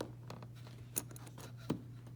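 A small printed two-piece latch is lined up and pushed into its snug-fitting housing in a mini crossbow mechanism body, with a few faint handling clicks and a low steady hum throughout. Once the alignment is right, the latch pops into place with a sharp click at 1.0 s, the loudest sound in the clip, and it is seated.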